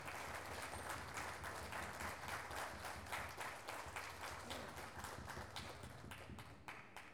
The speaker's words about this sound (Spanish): A ver, los aplausos, así ya vienen ellos.